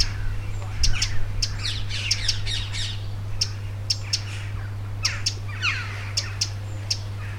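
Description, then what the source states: Wren contact calls: sharp, dry ticks repeated irregularly, mixed with softer down-slurred chirps over a steady low hum. Loud contact calls; back garden; 25 June 2021, evening, 19:00 UTC.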